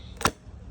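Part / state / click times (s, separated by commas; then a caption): fuel filler cap into motorcycle fuel tank / seated / 0.2 s. A rider closes the locking fuel filler cap on a 2022 BMW R1250GS Rallye motorcycle's fuel tank. It latches shut with one sharp click at 0.2 s over quiet background noise. The cap is seated.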